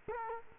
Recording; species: mosquito wingbeat signal from an infrared sensor; Culex quinquefasciatus